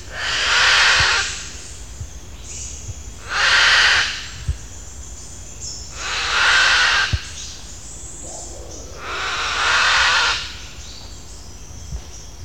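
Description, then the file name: Red-vented cockatoo giving four loud, harsh, hissing screeches, each about a second long and spaced roughly three seconds apart, with faint clicks between. "Cacatuahaematuropygia"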